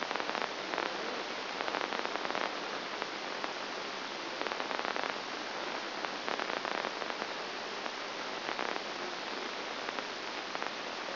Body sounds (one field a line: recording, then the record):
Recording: brain microelectrode recording played as sound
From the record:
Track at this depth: outside the subthalamic nucleus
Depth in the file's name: 0.106 mm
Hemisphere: left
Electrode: 2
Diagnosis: Parkinson's disease